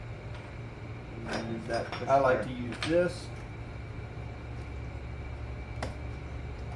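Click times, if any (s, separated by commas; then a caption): 5.8 s. Someone talks while the rear wheel of a Traxxas Bandit RC truck, centered so it will snap in, is pushed onto the rear axle hex and drive pin during a rear track-width widening job. A single sharp snap is heard at 5.8 s. The wheel seats on the hex.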